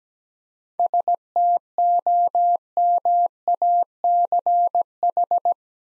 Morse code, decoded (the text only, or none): STOMACH